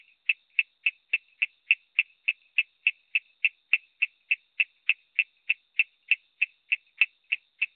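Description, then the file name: Coorg yellow bush frog repeating sharp, high clicking notes at a brisk, even pace of about three and a half per second. "Raorchestes luteolus call"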